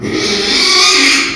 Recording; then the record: squeal of a Yucatan mini pig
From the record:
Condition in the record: after surgery on the right vocal fold (resection and tissue-engineered implant); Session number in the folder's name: 2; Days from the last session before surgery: 13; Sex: male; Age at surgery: 12 weeks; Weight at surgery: 13 kg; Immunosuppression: cyclosporine, prednisolone